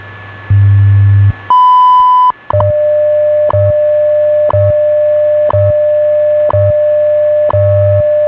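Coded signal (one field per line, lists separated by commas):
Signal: radio time signal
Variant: WWV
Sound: low hum pulse, long high beep, then steady 600 Hz tone with ticks each second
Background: radio static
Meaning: The 0.8-second 1000 Hz tone marks the start of a new minute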